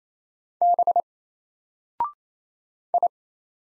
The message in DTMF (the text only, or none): none